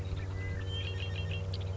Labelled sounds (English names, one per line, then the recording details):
Red-winged Blackbird
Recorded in Sonoma County, California